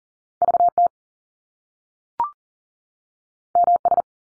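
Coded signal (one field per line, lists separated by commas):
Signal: Morse code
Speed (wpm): 43 wpm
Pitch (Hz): 700 Hz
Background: none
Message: VT MS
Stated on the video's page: Morse code head-copy drill of US state names at 40 wpm, each sent, spoken, then sent again.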